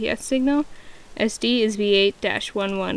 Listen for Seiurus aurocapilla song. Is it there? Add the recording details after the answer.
no. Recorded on 2 June 2016 at 13:05. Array SBT-3-7